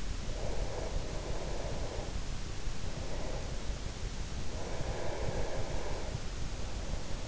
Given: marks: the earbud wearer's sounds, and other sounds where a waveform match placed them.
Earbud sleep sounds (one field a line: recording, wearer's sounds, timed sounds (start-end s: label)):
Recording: sounds in sleep by an in-ear microphone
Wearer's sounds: breath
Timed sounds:
0.00-3.75 s: breath
4.68-7.24 s: breath